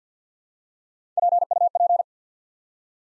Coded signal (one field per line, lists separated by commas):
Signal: Morse code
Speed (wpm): 49 wpm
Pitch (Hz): 700 Hz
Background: none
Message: PUP